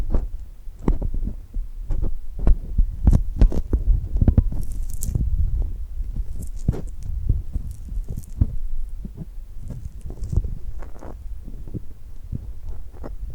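Tacky, glued hands pull apart in quick, irregular sticky pops and crackles over a low, dense rumbling bed, with occasional bright hissy peels.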